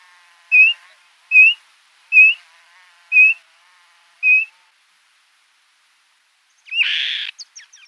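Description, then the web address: Black-shouldered Kite calling with five short, clear whistled notes, followed after a pause by a brief harsh rasping sound. "Schulze Peter Black-shouldered Kite"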